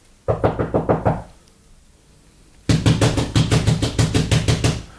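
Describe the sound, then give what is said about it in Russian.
Loud, rapid knocking on the low wooden log door of a hut in two bursts: about half a dozen hollow thuds, a short pause, then a longer, more insistent run of steady blows. “Кто стучит?”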